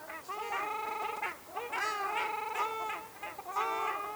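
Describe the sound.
Ruddy shelduck producing loud, sustained nasal honks, several in sequence with short pauses.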